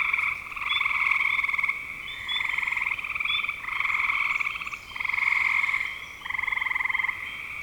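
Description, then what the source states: Frogs calling in a chorus: pulsed, buzzy trills in bursts of about a second with short gaps, overlaid by brief high chirps. Frogs calling in spring 2025.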